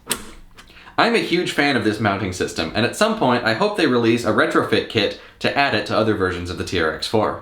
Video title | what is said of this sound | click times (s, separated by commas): Traxxas TRX-4 Chevy K10 High Trail Edition (Product Review) | put it back on simply line it up and press down until it clicks | 0.1 s